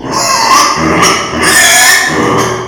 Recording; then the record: squeal of a Yucatan mini pig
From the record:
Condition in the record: before surgery on the right vocal fold (resection and tissue-engineered implant); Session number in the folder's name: 2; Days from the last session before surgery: 0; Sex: male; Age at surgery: 12 weeks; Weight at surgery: 13 kg